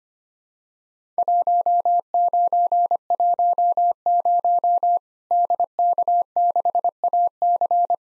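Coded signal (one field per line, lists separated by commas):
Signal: Morse code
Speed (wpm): 25 wpm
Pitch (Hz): 700 Hz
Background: none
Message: 1910 DK6AC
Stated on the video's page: Worked All Europe DX Contest QTC exchange sent at 25wpm as a Morse copying drill, each exchange sent twice.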